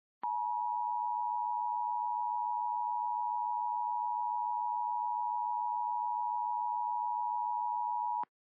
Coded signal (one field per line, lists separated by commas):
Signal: Emergency Alert System (SAME) tones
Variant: 853 and 960 Hz attention tone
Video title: EAS Scenario - Higglytown Heroes